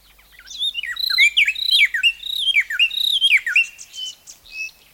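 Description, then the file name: Bird singing a rapid, varied stream of high chirps, trills and downslurred whistles, easing into a few scattered notes at the end. "madar bbc"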